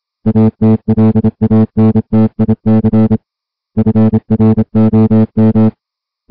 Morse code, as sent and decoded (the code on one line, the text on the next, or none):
.- - .-.. .- -. - .. -.-. / ..-. .-. --- --
ATLANTIC FROM